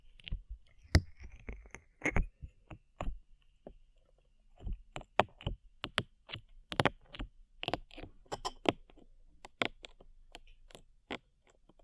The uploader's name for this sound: ASMR SLIME